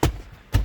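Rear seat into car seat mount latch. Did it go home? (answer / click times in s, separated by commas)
yes / 0.0 s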